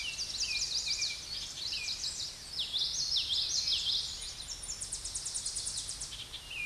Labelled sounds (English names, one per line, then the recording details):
Tennessee Warbler song
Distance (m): 30 m
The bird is about 15 m above the microphone
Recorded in a Pennsylvania forest on 16 May 2024 at 07:35
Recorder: AudioMoth, point MSD-2320
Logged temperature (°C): 12.8 °C
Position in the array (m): 215 m, 161 m